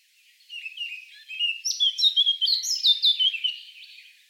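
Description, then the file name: Eurasian blackcap song opening with a quiet, rambling warble, then swelling into a loud sequence of pure, fluted whistles before trailing off. "Sylvia atricapilla"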